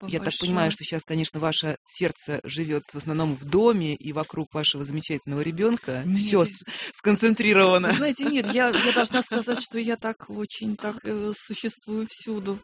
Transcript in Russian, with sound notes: Я так понимаю, что сейчас, конечно, Ваше сердце живет, в основном, в доме и вокруг Вашего замечательного ребенка все сконцентрировано (смеется)
Вы знаете, нет, я должна сказать, что я так, очень так, существую всюду.